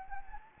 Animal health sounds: mosquito wingbeat signal from an infrared sensor; Anopheles gambiae

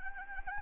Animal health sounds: mosquito wingbeat signal from an infrared sensor; Anopheles arabiensis

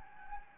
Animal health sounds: mosquito wingbeat signal from an infrared sensor; Anopheles gambiae

